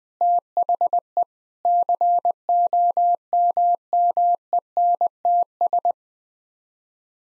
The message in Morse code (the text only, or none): THE COMMENTS